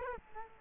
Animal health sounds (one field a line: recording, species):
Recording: mosquito wingbeat signal from an infrared sensor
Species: Culex quinquefasciatus